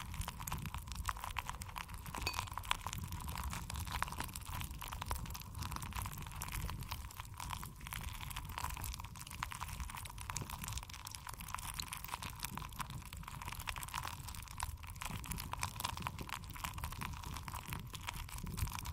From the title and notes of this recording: ASMR Stress Relieving Jelly Sounds For Sleep.